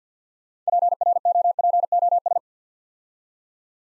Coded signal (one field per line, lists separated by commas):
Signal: Morse code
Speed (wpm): 48 wpm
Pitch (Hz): 700 Hz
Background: none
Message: PROPOS